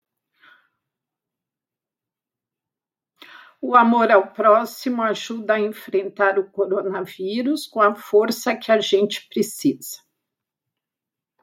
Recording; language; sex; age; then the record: spoken sentence; Brazilian Portuguese; female; 60 to 69 years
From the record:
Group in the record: control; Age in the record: 64 years